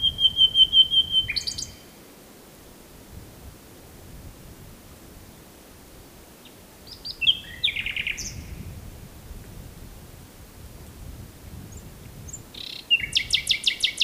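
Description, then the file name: Common nightingale song: a whistled repeated note near the start, then rapid buzzy trills midway and a fast stuttering rattle of clicks at the end, with quiet pauses between phrases. "Luscinia megarhynchos"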